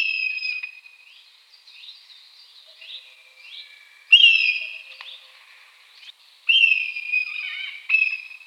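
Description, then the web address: Red kite whistling, a series of faint short whistles followed by three louder wavering, slightly descending whistled calls. "Milvus milvus. ns svatomartinska alej"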